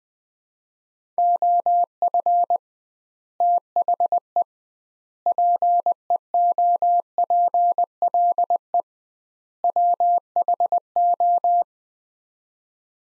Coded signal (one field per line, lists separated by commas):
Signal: Morse code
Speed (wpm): 21 wpm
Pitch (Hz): 700 Hz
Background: none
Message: OF THE PEOPLE WHO